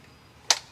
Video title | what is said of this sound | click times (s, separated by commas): AK Accessories by The Mako Group demonstrated by professional for educational purposes. | but it locks very rigidly in the extended position now there are a lot of stocks | 0.5 s